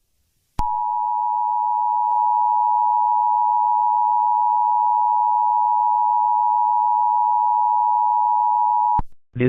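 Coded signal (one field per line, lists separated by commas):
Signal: Emergency Alert System (SAME) tones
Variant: 853 and 960 Hz attention tone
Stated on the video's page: Fictional analog horror EAS scenario using audio credited to other users.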